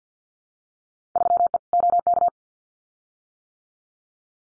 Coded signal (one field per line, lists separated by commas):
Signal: Morse code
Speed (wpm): 50 wpm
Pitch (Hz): 700 Hz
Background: none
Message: 3E OK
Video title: Field Day Exchange Encore 50wpm